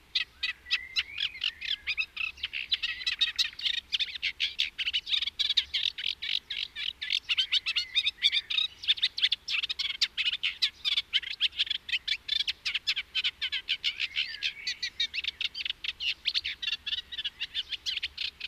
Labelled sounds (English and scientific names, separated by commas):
Eurasian Reed Warbler (Acrocephalus scirpaceus) song